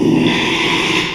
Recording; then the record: squeal of a Yucatan mini pig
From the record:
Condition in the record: after surgery on the right vocal fold (resection and tissue-engineered implant); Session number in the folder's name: 1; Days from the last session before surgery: 6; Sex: male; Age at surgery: 12 weeks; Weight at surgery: 13 kg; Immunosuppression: cyclosporine, prednisolone